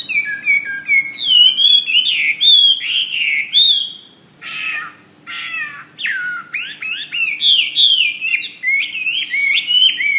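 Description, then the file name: Hwamei song: loud, varied whistled phrases with rising and falling slurs, some repeated in quick runs, a brief pause around four seconds, and a faint steady low hum underneath. "omkicau hwamey"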